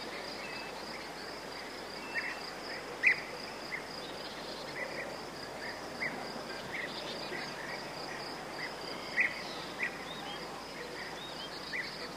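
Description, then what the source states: Cicada song, a steady thin high drone running unbroken throughout, with scattered short bird chirps over it. Village soundscape with birds and cicadas.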